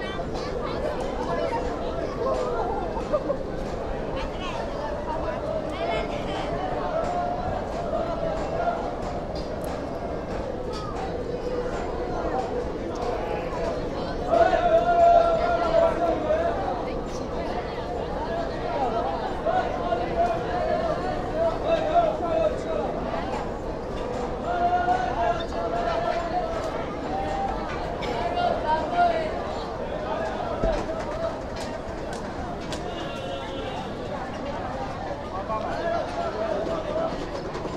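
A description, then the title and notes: A busy night market crowd fills the air with steady, dense chatter from many voices. The murmur holds even throughout, with a brief louder swell of voices around fifteen seconds and scattered clinks and knocks. A recording made at Beiyuanmen Night Market, Xi'an, Shaanxi Province, China.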